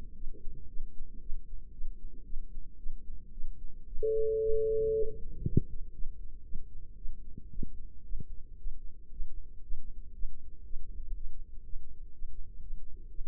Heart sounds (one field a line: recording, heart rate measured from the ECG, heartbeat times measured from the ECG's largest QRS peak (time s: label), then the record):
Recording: heart sounds by microphone in the left ear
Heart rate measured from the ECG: 116 bpm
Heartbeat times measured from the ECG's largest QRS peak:
0.17 s: heartbeat
0.70 s: heartbeat
1.23 s: heartbeat
1.74 s: heartbeat
2.26 s: heartbeat
2.80 s: heartbeat
3.34 s: heartbeat
3.89 s: heartbeat
4.42 s: heartbeat
4.96 s: heartbeat
5.46 s: heartbeat
5.95 s: heartbeat
6.46 s: heartbeat
6.98 s: heartbeat
7.52 s: heartbeat
8.06 s: heartbeat
8.60 s: heartbeat
9.13 s: heartbeat
9.64 s: heartbeat
10.15 s: heartbeat
10.65 s: heartbeat
11.15 s: heartbeat
11.65 s: heartbeat
12.14 s: heartbeat
12.62 s: heartbeat
13.10 s: heartbeat
From the record:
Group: healthy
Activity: rest 0-2 s, Valsalva maneuver 2-13 s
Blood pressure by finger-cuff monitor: 189/105 mmHg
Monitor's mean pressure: 129 mmHg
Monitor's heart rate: 114 bpm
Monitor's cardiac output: 9.1 L/min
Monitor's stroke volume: 76 mL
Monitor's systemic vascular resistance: 1080 dyn s/cm5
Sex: female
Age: 19 years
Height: 163 cm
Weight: 51 kg